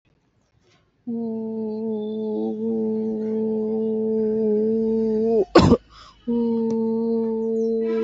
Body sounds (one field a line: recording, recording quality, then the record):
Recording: sustained vowel as in boot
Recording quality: moderate, slight background noise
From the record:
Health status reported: exposed to COVID-19, no respiratory illness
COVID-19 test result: negative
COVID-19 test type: RT-PCR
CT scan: not taken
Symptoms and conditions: cough, cold, sore throat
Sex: female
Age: 25 years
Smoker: no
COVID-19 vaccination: both doses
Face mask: not worn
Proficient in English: yes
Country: India